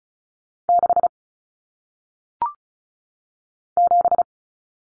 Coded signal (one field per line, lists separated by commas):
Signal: Morse code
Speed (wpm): 34 wpm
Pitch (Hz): 700 Hz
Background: none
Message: 6 7